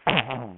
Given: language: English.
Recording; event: throat vibration sensor signal played as sound; throat clearing